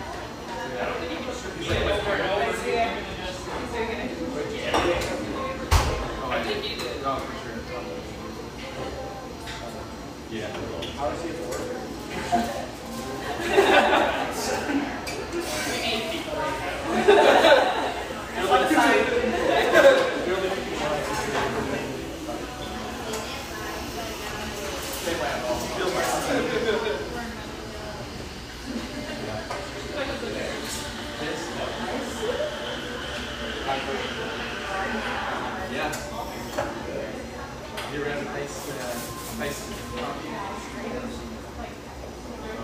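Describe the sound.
Lively coffeeshop ambience with several voices talking over one another throughout. The chatter swells with louder bursts of speech and laughter around 13 to 20 seconds and again near 26, with scattered clinks and knocks and a faint tone around 35 seconds.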